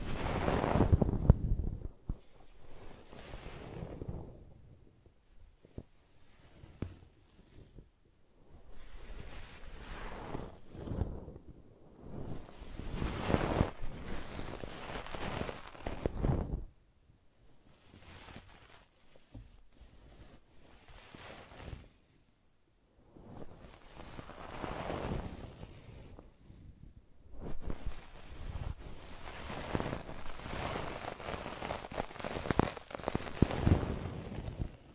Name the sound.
ASMR Brushing and Scratching